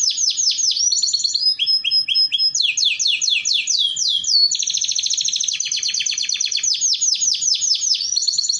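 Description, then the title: Canary song, a fast continuous run of rolling trills and downward-sweeping notes, changing tour every second or so with scarcely a pause. Belgian canary song, played to warm up canaries and to train young canaries in their song. "Canto Para Esquentar Canário Belga. Terapi Pancingan Suara Kenari Gacor || Masteran Kenari Paud Belajar Bunyi"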